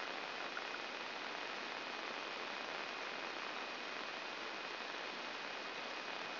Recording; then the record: brain microelectrode recording played as sound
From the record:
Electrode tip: outside the subthalamic nucleus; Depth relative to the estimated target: 4 mm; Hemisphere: left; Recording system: AlphaMap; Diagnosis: Parkinson's disease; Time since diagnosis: 11 years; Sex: female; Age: 62 years